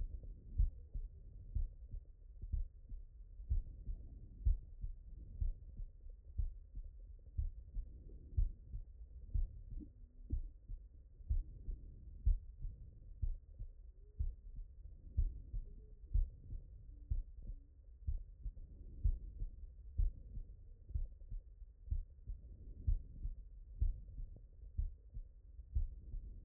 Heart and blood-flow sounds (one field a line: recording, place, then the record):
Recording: heart sounds by stethoscope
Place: mitral valve (MV)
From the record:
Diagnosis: non-HFrEF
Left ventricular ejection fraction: 74%